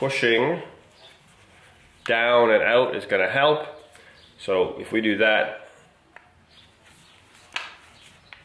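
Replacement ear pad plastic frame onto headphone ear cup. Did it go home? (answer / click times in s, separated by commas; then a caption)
yes / 6.2 s, 7.6 s, 8.3 s. Someone talks while a replacement ear pad's plastic frame is pushed down and out onto the ear cup of a Sennheiser GSP 500, GSP 550, GSP 600 or GSP 670 headphone. Three short, sharp clicks follow at 6.2, 7.6 and 8.3 seconds as the pad's clips snap into place, leaving the ear pad seated.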